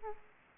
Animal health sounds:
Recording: mosquito wingbeat signal from an infrared sensor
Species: Aedes aegypti

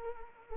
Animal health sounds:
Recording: mosquito wingbeat signal from an infrared sensor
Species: Anopheles arabiensis

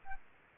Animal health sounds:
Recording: mosquito wingbeat signal from an infrared sensor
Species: Anopheles arabiensis

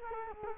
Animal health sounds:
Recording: mosquito wingbeat signal from an infrared sensor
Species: Culex quinquefasciatus

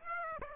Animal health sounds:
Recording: mosquito wingbeat signal from an infrared sensor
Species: Aedes aegypti

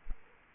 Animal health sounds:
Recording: mosquito wingbeat signal from an infrared sensor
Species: Culex quinquefasciatus

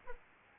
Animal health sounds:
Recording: mosquito wingbeat signal from an infrared sensor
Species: Aedes albopictus

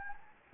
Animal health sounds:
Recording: mosquito wingbeat signal from an infrared sensor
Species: Anopheles gambiae

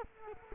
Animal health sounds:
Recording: mosquito wingbeat signal from an infrared sensor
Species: Culex quinquefasciatus

